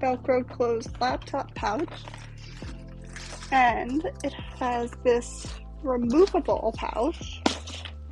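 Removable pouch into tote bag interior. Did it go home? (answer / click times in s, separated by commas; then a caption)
yes / 7.5 s. A removable inner pouch is snapped into the interior of a Béis Large Work Tote while someone talks over background music. A short, sharp snap is heard at 7.5 s as the pouch seats in place.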